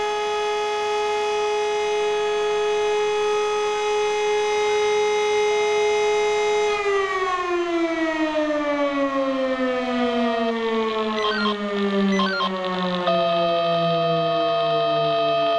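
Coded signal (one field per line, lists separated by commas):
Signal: siren signal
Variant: E57 siren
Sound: loud steady mechanical siren wail, then slowly winding down in pitch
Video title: [E57 SIRENENPROBE] FUNKMELDEEMPFÄNGER QUATTRO 98 PROBEALARM FEUERWEHR ANDERNACH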